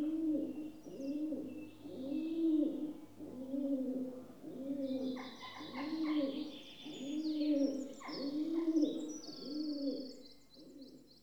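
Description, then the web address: Rock dove giving a steady series of throaty rolling coos, roughly one per second, while small birds chirp and twitter faintly. "BBC Sound Effects Library. Rock Dove (Columba Livia) Coos"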